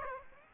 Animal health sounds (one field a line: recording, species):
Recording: mosquito wingbeat signal from an infrared sensor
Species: Aedes aegypti